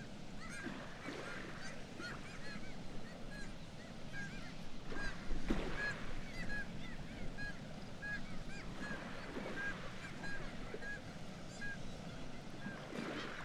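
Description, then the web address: Black-legged kittiwakes calling in a busy colony, repeated nasal notes and quick rising cries overlapping, over a soft low rumble. "Black legged kittiwake. صدای-پرنده-کاکایی-پاسیاه"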